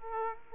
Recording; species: mosquito wingbeat signal from an infrared sensor; Aedes aegypti